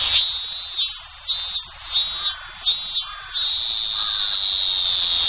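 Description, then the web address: Robust cicada giving several repeated high pulsed notes, ending in a continuous shrill drone. "sikioto insect minminzemi"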